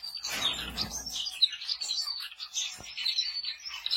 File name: canto do bengalim do japao